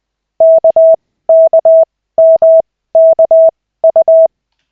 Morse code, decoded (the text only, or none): KKMKU